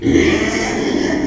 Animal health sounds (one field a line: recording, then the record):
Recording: squeal of a Yucatan mini pig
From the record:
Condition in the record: after surgery on the right vocal fold (resection and tissue-engineered implant)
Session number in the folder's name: 2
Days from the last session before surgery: 13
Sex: male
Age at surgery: 12 weeks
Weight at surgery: 13 kg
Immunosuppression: cyclosporine, prednisolone